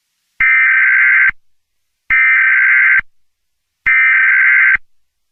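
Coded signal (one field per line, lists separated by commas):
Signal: Emergency Alert System (SAME) tones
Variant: header bursts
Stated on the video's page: Fictional EAS scenario for a bubonic plague event.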